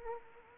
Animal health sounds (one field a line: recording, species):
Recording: mosquito wingbeat signal from an infrared sensor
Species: Anopheles gambiae